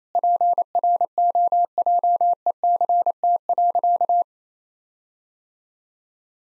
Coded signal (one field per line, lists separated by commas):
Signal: Morse code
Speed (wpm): 27 wpm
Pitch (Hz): 700 Hz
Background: none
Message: PROJECT.